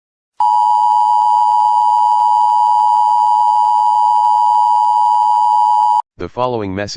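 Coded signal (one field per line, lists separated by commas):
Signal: Emergency Alert System (SAME) tones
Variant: 853 and 960 Hz attention tone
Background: speech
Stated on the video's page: Fictional EAS scenario using valid EAS tones, a simulation based on a Twilight Zone episode.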